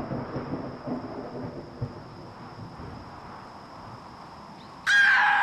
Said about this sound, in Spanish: El viento sur se había tornado en una fría brisa que, junto a los truenos que comenzaban a escucharse en la lejanía, auguraban una tormenta inminente.